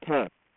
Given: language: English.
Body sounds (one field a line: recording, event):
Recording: throat vibration sensor signal played as sound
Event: speech